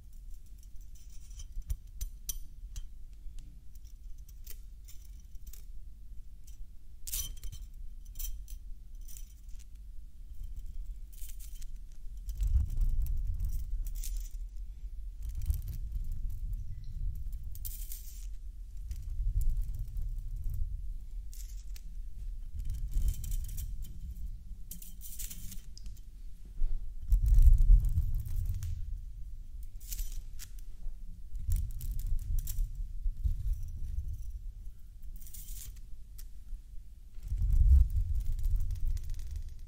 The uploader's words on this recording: Nick found a metal toy and played with it in front of the camera, these are the sounds that he came up with.